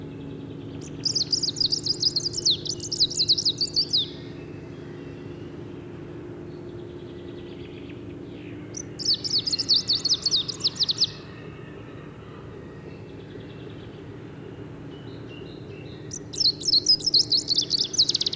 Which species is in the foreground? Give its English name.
Greenish Warbler